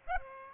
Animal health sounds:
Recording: mosquito wingbeat signal from an infrared sensor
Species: Aedes aegypti

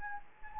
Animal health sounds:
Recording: mosquito wingbeat signal from an infrared sensor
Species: Anopheles gambiae

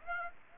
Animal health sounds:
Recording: mosquito wingbeat signal from an infrared sensor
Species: Aedes aegypti

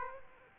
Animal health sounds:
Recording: mosquito wingbeat signal from an infrared sensor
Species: Aedes aegypti

